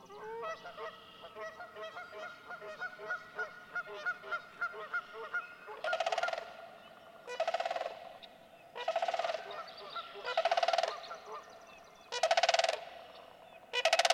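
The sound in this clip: Sandhill crane calling, a run of shorter honking notes followed by loud, rolling rattled bugles spaced every couple of seconds.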